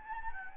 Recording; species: mosquito wingbeat signal from an infrared sensor; Anopheles gambiae